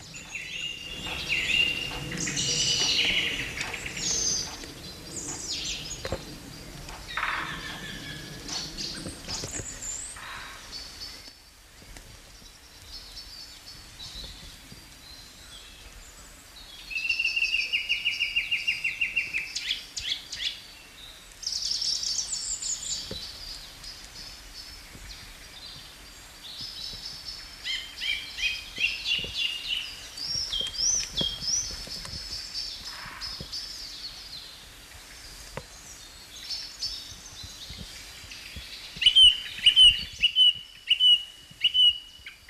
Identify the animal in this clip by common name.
Song Thrush